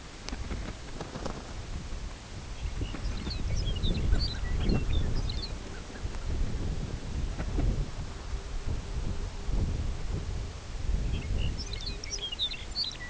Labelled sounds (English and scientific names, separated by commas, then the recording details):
Lapland Longspur (Calcarius lapponicus), unidentified sound, Pectoral Sandpiper (Calidris melanotos)
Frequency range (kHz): Lapland Longspur (Calcarius lapponicus) 1.6-6.8 kHz; Pectoral Sandpiper (Calidris melanotos) 0.1-0.9 kHz
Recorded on Arctic tundra, site CORI-1, on 18 June 2018
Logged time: 22:00